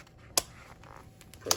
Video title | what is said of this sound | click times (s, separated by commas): Our Christmas Dinner~Part 1 of 2🎄🎅🏽🥘🍽️ #ChristmasDinner2023 | push it down in there see you hear it clicking so if that's tight enough then go ahead and lock that push | 0.4 s, 1.5 s